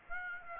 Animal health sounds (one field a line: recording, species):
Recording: mosquito wingbeat signal from an infrared sensor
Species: Aedes aegypti